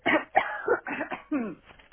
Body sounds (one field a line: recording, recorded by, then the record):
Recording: voluntary cough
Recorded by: telephone call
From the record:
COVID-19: negative